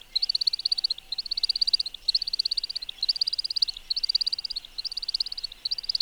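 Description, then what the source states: American woodcock display twittering: high, rapid pulsed bursts repeated about once a second in a steady rhythm. Non-vocal song from three modified, narrowed outer primaries of each wing during aerial courtship display, with small vocal chips added; displays in evening or early morning as it darkens.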